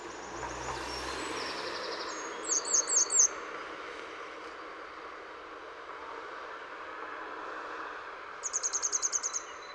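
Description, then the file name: Grey wagtail calls: a short burst of four sharp, high notes, then a faster run of high ticking notes near the end, over a steady urban hum. In Utrecht. "Grote gele kwikstaart in Utrecht - Sound Cloud - luc de bruijn"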